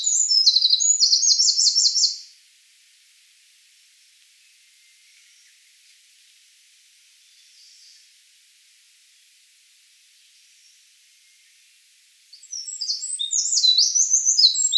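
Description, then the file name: Eurasian wren song, a loud rapid burst of high trills and twitters for two seconds, then near silence for ten seconds before another fast, jangling phrase starts. "Troglodytes troglodytes"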